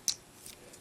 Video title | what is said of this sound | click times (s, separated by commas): Maketoys TRASH TALK & COGWHEEL (IDW Swerve & Gears): EmGo's Transformers Reviews N' Stuff | right there so now it's locked in place second verse same as the first | 0.1 s